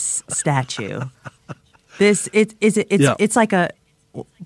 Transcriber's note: laughter